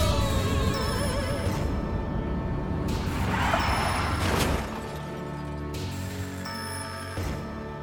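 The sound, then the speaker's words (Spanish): A car crashing into a bridge: a dense, rumbling roar builds into a loud crunching impact partway through, then drops to a lower, steady rumble with scattered clattering. No voices. “Sales del coche unos metros antes de chocar contra el puente.”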